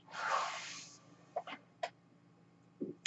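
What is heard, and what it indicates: A one-second airy hiss, then soft clicks: a home mechanical ventilator delivering one breath.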